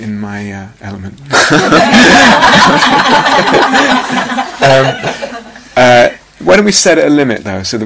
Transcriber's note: laughter